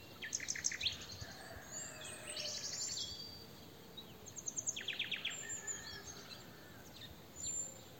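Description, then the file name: Nightingale song phrases: quick chattering notes, a brief buzzy burst, then a run of rapidly repeated notes near five seconds, over faint background noise. "Luscinia megarhynchos"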